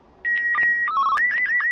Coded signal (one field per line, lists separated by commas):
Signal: SSTV (slow-scan television)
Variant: Martin 1